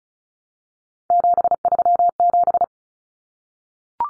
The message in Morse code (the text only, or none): 737